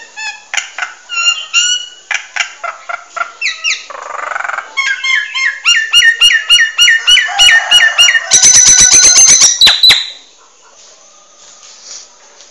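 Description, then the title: Nias hill myna giving a long run of repeated whistled and clicking notes, building to a loud rapid rattle, then dropping to quiet. Very loud song, used as a model for training other songbirds. "Burung Jalak Nias Gacor Suara Super Gledek Untuk Masteran"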